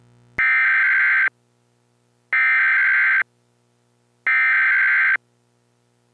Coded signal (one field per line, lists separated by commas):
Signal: Emergency Alert System (SAME) tones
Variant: header bursts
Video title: Hurricane Frank: An EAS mock Scenario